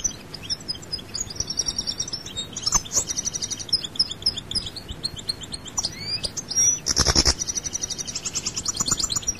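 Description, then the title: European goldfinch twittering with high, rapid chirps and trills, and a short broad noise near the seventh second. "Chant Chardonneret"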